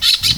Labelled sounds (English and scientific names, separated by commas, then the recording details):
Brown-throated Parakeet (Eupsittula pertinax) contact call
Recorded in Venezuela
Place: Guárico; Corozopando; Fundo La Fe
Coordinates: 8.506, -67.593